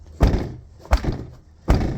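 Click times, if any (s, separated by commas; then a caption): none. The faulty rear liftgate of a 2018 Toyota 4Runner (5th gen) is closed against its latch three times, giving heavy, low thuds at about 0.2, 0.9 and 1.7 seconds. Each thud dies away without any click, and the liftgate has not latched; it just sits there.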